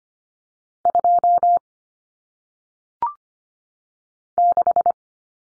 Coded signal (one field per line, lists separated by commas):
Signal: Morse code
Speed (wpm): 25 wpm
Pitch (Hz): 700 Hz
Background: none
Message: 2 6